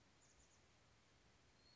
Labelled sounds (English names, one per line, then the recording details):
Chestnut-backed Chickadee
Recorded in Sonoma County, California